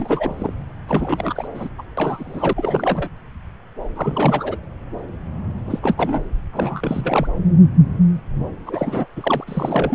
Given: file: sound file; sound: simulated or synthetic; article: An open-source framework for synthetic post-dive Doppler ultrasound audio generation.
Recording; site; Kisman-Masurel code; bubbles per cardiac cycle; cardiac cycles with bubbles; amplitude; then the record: Doppler ultrasound audio after a dive; subclavian; 332; rolling drumbeat, over 9; 50–99%; moderate amplitude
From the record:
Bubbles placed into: full cardiac cycles